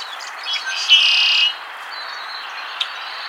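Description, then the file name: Red-winged Blackbird, a single loud buzzy trill lasting about half a second after a couple of soft notes, then quiet background with one faint chip. "Agelaius phoeniceus - Red-winged Blackbird"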